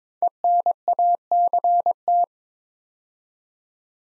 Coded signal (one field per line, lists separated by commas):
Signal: Morse code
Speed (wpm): 22 wpm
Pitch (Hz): 700 Hz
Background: none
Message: ENACT